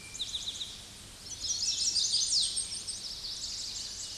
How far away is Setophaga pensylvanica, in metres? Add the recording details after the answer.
about 5 m. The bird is about level with the microphone. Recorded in a Pennsylvania forest on 16 May 2024 at 07:48. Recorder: AudioMoth, point MSD-1990. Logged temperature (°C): 15.3 °C. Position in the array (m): 136 m, 155 m